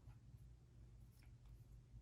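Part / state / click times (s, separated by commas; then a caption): tablet into protective folio case / not seated / none. A 12.9-inch iPad Pro (2020) is being positioned and lined up on its Smart Folio case, with only faint, soft handling rustles over a steady low hum. Nothing has seated or clicked into the case yet.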